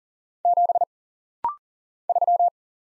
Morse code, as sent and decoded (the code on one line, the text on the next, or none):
--... / ...--
7 3